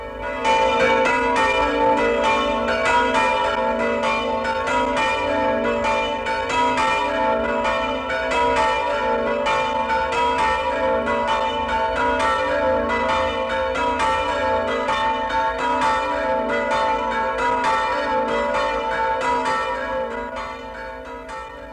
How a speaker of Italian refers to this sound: Affidiamo al suono gaio e maestoso di queste campane il compito di porgere a nome di tutto il Friuli, a voi che siete l'orgoglio e la nobiltà di nostra gente, l'augurio più caldo ed affettuoso di buon anno.